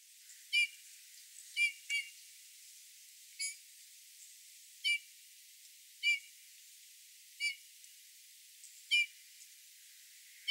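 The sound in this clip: Eurasian bullfinch calls: short, soft piped whistles with a slight downward bend, given singly or in quick pairs at uneven gaps.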